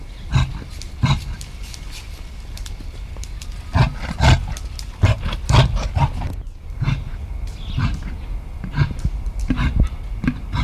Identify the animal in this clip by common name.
Reindeer